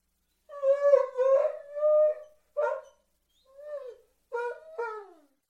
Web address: dog doberman